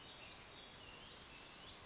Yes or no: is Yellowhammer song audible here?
no